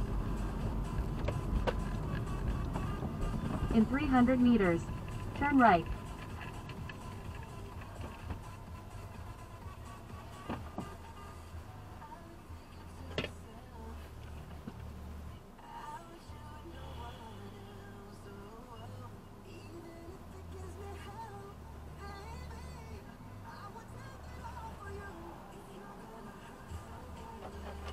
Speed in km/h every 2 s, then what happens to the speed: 27, 23, 16, 8, 3, 0, 0, 0, 0, 0, 0, 0, 0, 0.
0-9 slows to 0. 9-28 standing.